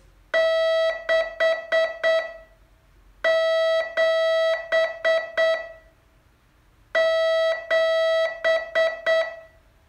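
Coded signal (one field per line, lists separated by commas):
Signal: Morse code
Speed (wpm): 8 wpm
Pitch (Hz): 650 Hz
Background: none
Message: 6 7 7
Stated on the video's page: Morse training lesson, day 32 of a 42-day course.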